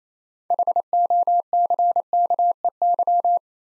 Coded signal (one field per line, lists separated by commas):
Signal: Morse code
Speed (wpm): 27 wpm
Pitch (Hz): 700 Hz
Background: none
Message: HOCKEY